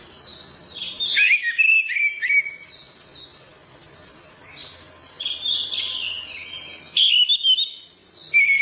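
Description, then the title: Orange-headed thrush song of strong, slurred whistles at the start and end, with steady high-pitched twittering running throughout. Described as a champion songbird singing gacor teler, meaning nonstop, intense song. "Suara Burung Anis Merah Gacor Teler Doyorng Juara"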